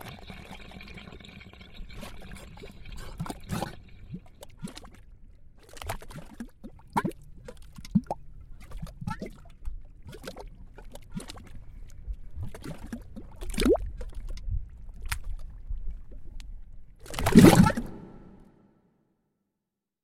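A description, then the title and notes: Mudpots bubble and plop in an uneven stream of wet pops over a low, murky gurgle, some soft and some sharp. Near the end a larger, thick burst stands out, then the sound cuts off to silence for the last second or so. Sound Break: Mudpots.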